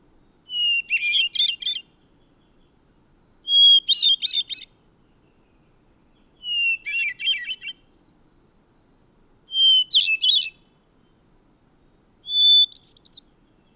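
Bird song of five short phrases, each a clear whistle leading into quick varied twitters, with pauses of roughly two seconds between.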